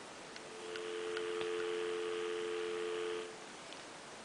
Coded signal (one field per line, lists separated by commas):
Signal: telephone call progress tone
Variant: North America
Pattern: dial tone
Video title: Using A Vintage Rotary Dial Telephone (Western Electric Model 500 Phone)